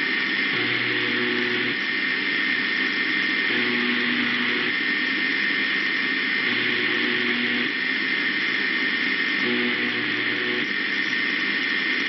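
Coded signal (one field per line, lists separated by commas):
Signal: channel marker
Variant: UVB-76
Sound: four short low harsh buzzes, about one second each, repeating every three seconds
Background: radio static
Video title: The Buzzer (UVB-76) is buzzin'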